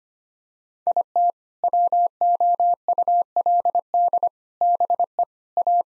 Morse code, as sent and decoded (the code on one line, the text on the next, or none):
.. - / .-- --- ..- .-.. -.. / -... . / .-
IT WOULD BE A